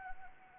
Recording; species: mosquito wingbeat signal from an infrared sensor; Anopheles arabiensis